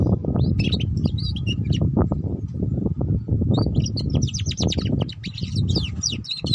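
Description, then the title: Canary singing almost continuously in fast chattering trills and quick high notes, with a short pause midway, over loud low rumbling noise and a faint hum. Belgian canary breed; recording used to warm up canaries and stimulate their singing, and as a lure for canaries learning the ngeriwik song style. "Canto Para Esquentar Canário Belga. Suara Kenari Belajar Bunyi Ngeriwik || Cocok Untuk Pancingan Kenari Ngeriwik"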